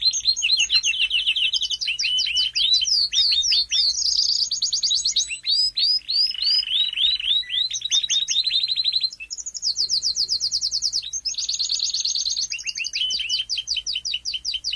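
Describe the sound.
Domestic canary singing a long, busy song of quick chattering trills, rolling buzzes and falling whistled notes, changing tour every second or two almost without pause.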